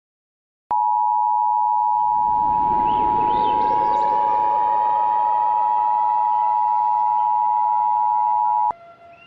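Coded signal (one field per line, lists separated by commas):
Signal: Emergency Alert System (SAME) tones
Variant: 853 and 960 Hz attention tone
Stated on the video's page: Fictional EAS scenario; simulated SAME tones made with the DASDEC Kal voice.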